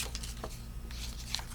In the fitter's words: I'm going to put that down you can hear it you can hear it click right into it amazing isn't it